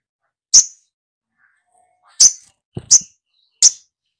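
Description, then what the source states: Little spiderhunter calls: four sharp, high chip notes at uneven intervals, with a soft low thud just before the third. Masteran (training song for songbirds), song style called Labaik.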